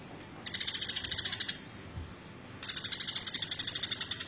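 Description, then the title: Bird giving two rapid, buzzy trills of high pulsed notes, the first lasting about a second and the second longer, separated by a pause of about a second, over a faint steady background hiss. Chirping. "Kicau Burung Yoi"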